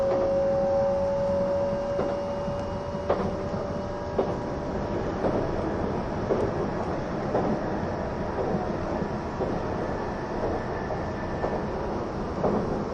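Recording of the E261 series Saphir Odoriko No. 1 train. A dense, steady rumble of running wheels on rail fills the whole clip, with a sustained whining tone for the first three seconds and periodic clacks from rail joints roughly every second.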